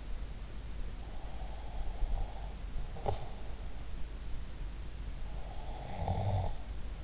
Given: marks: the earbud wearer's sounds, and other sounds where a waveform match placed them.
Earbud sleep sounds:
sounds in sleep by an in-ear microphone; breath, snoring breath
1.04-3.76 s: breath
5.29-7.04 s: snoring breath

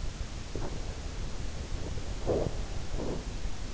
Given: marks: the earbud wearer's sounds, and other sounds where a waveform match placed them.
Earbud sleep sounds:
sounds in sleep by an in-ear microphone; teeth grinding
0.37-1.40 s: sound from someone else or the room
2.08-3.57 s: teeth grinding

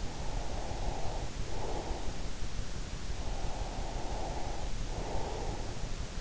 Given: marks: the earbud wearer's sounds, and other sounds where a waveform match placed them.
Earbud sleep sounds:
sounds in sleep by an in-ear microphone; breath
0.10-2.25 s: breath
3.11-5.94 s: breath

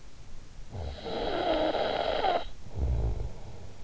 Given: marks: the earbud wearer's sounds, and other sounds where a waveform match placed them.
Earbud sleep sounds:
sounds in sleep by an in-ear microphone; snoring breath
0.38-3.75 s: snoring breath

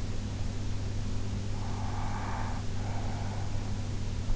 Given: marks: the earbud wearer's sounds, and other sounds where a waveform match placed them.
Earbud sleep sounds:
sounds in sleep by an in-ear microphone; breath
1.44-3.62 s: breath

